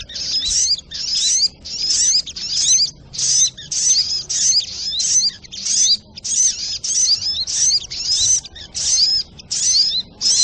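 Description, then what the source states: Spiderhunter song of quick, piercing, scratchy bursts delivered in a fast regular series, about one and a half each second. Training recording (masteran) of a sogok ontong bird singing in the labaik style.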